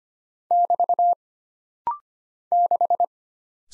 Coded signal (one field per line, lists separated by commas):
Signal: Morse code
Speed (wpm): 25 wpm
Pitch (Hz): 700 Hz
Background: none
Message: <BT> 6